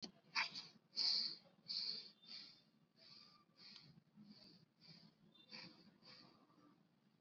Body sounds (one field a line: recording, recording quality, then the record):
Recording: shallow breathing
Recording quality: excellent, no background noise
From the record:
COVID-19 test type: RT-PCR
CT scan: not taken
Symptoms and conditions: none ticked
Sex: male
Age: 18 years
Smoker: no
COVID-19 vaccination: both doses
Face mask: worn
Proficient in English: yes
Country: India